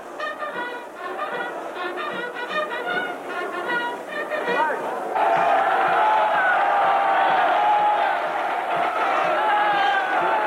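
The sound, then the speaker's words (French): A large crowd at the Félix Éboué stadium roars and cheers continuously for General de Gaulle as he steps to the front of the podium on 24 August. Chanting voices come early on, then the cheering swells into a louder, sustained wave of acclaim that holds steady to the end. “Et saluant la foule de gestes qu'il a immortalisé, le général de Gaulle s'avance au devant du podium, follement acclamé par la foule.”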